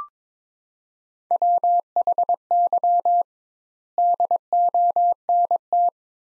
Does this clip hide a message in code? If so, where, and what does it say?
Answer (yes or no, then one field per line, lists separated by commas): yes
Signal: Morse code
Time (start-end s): 1.3-5.9 s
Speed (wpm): 22 wpm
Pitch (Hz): 700 Hz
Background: none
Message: WHY DONT